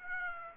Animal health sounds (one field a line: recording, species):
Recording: mosquito wingbeat signal from an infrared sensor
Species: Aedes aegypti